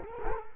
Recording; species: mosquito wingbeat signal from an infrared sensor; Culex quinquefasciatus